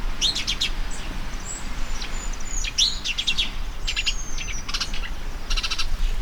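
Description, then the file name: House sparrow chirping in quick, raspy clusters, with a few thin drawn-out notes and a constant low hum underneath. "Passer domesticus"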